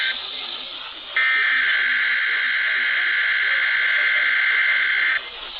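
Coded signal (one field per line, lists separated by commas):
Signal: Emergency Alert System (SAME) tones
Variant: header bursts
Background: speech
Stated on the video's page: Collection of EAS tests including state required monthly tests, one originated after a failed first attempt.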